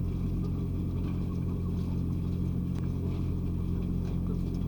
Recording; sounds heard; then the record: poultry house recording; sick chickens (respiratory disease)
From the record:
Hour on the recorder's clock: 2